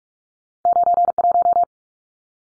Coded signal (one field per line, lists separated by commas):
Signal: Morse code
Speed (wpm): 44 wpm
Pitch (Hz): 700 Hz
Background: none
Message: 91